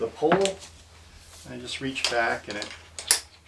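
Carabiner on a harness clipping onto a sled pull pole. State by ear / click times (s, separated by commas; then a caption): not seated / none. A metal carabiner on a suspender harness is reached back and handled toward the pull pole of a pulk sled while someone talks. Short metallic taps and rattles come through near the end, around 3.0 and 3.1 seconds. Nothing has clipped on or seated yet.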